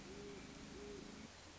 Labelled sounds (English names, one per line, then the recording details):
Great Horned Owl
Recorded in Sonoma County, California